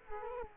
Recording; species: mosquito wingbeat signal from an infrared sensor; Culex quinquefasciatus